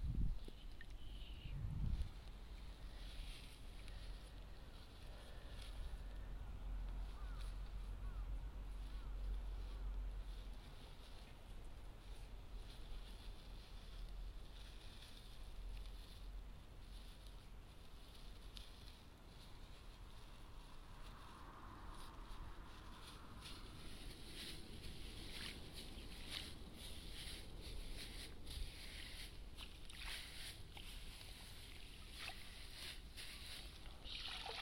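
Rice seedlings are pulled and bundled in a flooded nursery bed, with low wind rumble early, then scattered wet rustles and splashy clicks.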